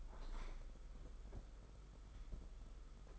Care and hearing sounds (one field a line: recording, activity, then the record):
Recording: daily activity, microphone in the room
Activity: open window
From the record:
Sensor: 5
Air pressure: 991.4 hPa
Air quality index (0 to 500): 106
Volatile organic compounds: 23 ppm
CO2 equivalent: 2774 ppm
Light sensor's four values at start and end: 39/126/47/51 and 39/126/47/51